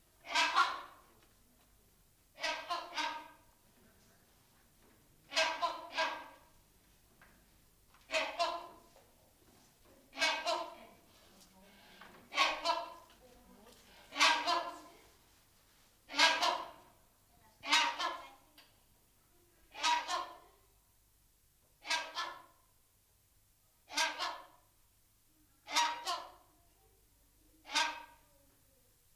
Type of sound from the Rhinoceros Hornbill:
call